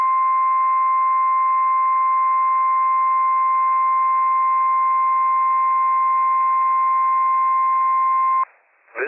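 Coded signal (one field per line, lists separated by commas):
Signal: Emergency Alert System (SAME) tones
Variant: 1050 Hz attention tone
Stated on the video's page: Operational EAS tones for a Required Weekly Test on weather radio WWF56 from NWS Pendleton, Oregon, covering several Washington counties.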